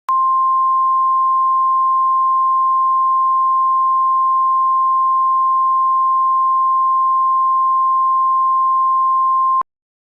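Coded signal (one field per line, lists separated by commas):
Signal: Emergency Alert System (SAME) tones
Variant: 1050 Hz attention tone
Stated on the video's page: Fictional EAS scenario based on a novel, made for entertainment only.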